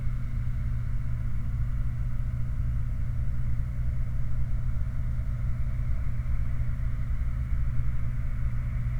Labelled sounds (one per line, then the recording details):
aircraft
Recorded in the Prudhoe Bay oil fields, Alaska, on 29 July 2019 at 04:16
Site 29